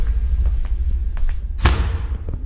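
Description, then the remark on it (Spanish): The window of a room facing the street slams shut with one sharp, solid thud that rings off briefly, preceded by a few soft knocks and rattles over a steady low rumble. “Cierra la ventana de la pieza que da a la calle.”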